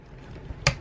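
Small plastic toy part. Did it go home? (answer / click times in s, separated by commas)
yes / 0.7 s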